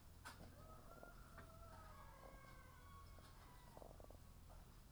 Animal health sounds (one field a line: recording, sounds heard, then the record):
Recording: poultry house recording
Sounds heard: sick chickens (respiratory disease)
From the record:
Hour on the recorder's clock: 10